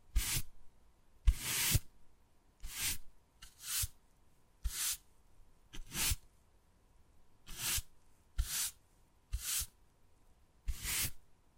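Wood carving: short, sharp scraping strokes come about once a second, each a bright hissing rasp with a hard knock at its start. The rhythm is fairly regular across the twelve seconds, with a faint steady tone humming underneath between strokes.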